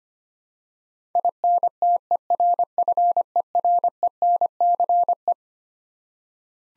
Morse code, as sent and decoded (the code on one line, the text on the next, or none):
.. -. - . .-. ..-. . .-. . -. -.-. .
INTERFERENCE